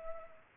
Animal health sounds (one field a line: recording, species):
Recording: mosquito wingbeat signal from an infrared sensor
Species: Culex pipiens